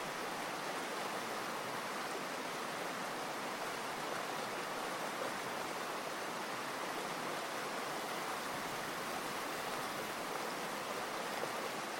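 A creek rushes steadily, its water making a dense, even hiss with no breaks or changes across the twelve seconds. The sound is full, weighted toward the bright, splashing end with little deep rumble, and no other sounds stand out.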